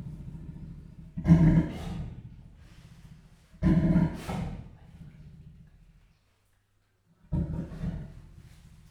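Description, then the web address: Leopard producing three deep, rough roaring bursts a few seconds apart, with a low steady hum between them and a short silent gap. Captive leopard at a zoo in Jászberény, Hungary, 2015; the call becomes slightly louder. "jaszberenyizoo 2015 professzionalis leopard"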